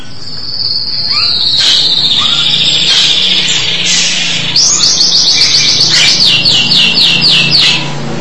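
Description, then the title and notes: Starling song: a long sustained high whistle, then a fast run of repeated looping notes in the second half, over a faint steady low hum. "suara burung jalak"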